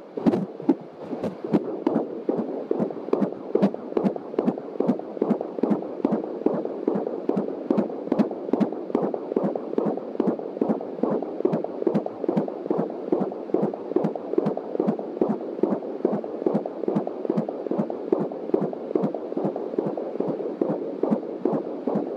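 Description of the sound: Rapid, regular whooshing pulses at about 143 beats a minute over a steady Doppler hiss. This is a fetal heartbeat picked up by a home Doppler fetal heart monitor through an external speaker, placed just past the pubic line at about 21 weeks of pregnancy, within the normal fetal range of 120 to 150 beats a minute.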